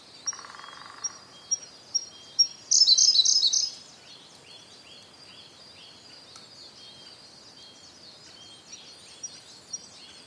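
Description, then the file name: Siberian blue robin song: after a brief buzzy sound, spaced thin high notes lead into a loud fast trill, followed by soft high chirping. "koruri"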